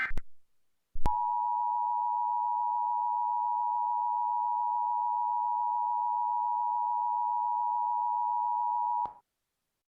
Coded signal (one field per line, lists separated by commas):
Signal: Emergency Alert System (SAME) tones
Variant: 853 and 960 Hz attention tone